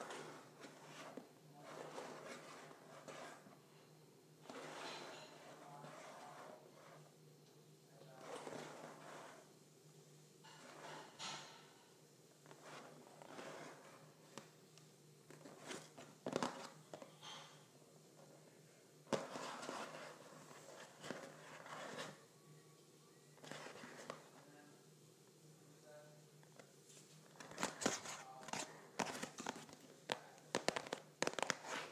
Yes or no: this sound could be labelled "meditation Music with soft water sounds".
no